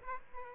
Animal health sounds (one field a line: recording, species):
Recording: mosquito wingbeat signal from an infrared sensor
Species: Aedes albopictus